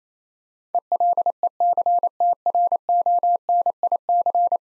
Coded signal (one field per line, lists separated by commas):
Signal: Morse code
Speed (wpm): 28 wpm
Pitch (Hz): 700 Hz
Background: none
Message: ELECTRONIC